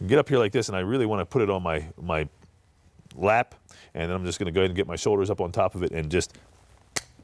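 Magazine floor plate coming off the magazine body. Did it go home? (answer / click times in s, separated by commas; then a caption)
released / 7.0 s. Someone talks while pressing with their thumbs on the polymer floor plate of a Glock handgun magazine, a punch holding the locking plate down, and forcing it forward. A single sharp pop at 7.0 s marks the floor plate coming loose from the magazine body.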